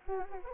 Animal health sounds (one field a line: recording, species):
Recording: mosquito wingbeat signal from an infrared sensor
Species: Anopheles arabiensis